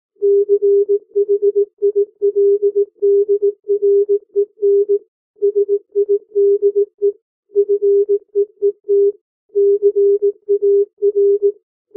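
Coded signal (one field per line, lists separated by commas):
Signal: Morse code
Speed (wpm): 18 wpm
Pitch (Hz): 400 Hz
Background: music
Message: CHILDREN SIDE FEET CAR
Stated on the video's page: Morse code practice at 15 to 18 WPM character speed for learning to read by ear.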